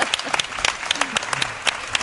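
A round of applause from Elche: many hands clapping in a dense, irregular patter of sharp claps that holds at a steady, moderate level throughout.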